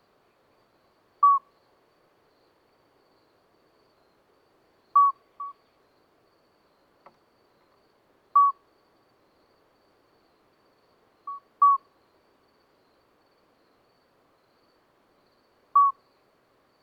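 Two midwife toads call in a quiet night, each giving a short, pure, piping note around 1 kHz, sometimes doubled, at irregular intervals of a few seconds. The background is otherwise silent, with one faint click near the middle.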